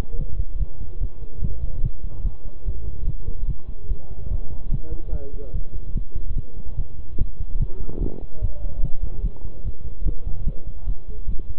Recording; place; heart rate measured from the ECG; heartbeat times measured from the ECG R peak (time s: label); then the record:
heart sounds by stethoscope; between the tricuspid and mitral areas; 146 bpm
0.19 s: heartbeat
0.60 s: heartbeat
1.01 s: heartbeat
1.42 s: heartbeat
1.84 s: heartbeat
2.25 s: heartbeat
2.66 s: heartbeat
3.07 s: heartbeat
3.48 s: heartbeat
3.89 s: heartbeat
4.31 s: heartbeat
4.72 s: heartbeat
5.13 s: heartbeat
5.54 s: heartbeat
5.95 s: heartbeat
6.36 s: heartbeat
6.78 s: heartbeat
7.19 s: heartbeat
7.60 s: heartbeat
8.01 s: heartbeat
8.42 s: heartbeat
8.83 s: heartbeat
9.24 s: heartbeat
9.65 s: heartbeat
10.06 s: heartbeat
10.47 s: heartbeat
10.87 s: heartbeat
11.29 s: heartbeat
From the record:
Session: bicycle stress test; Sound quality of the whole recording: good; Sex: male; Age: 23 years